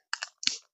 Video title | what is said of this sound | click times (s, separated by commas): The Obsessive Compulsive Detailer Ep. 2 | Okay, click, click, click. | 0.1 s, 0.2 s, 0.5 s